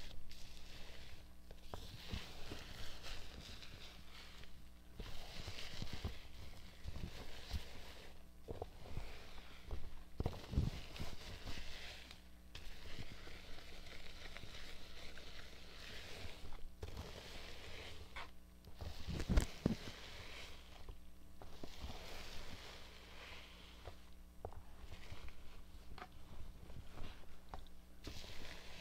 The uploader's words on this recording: ASMR Relaxing Shampoo and Hair Wash.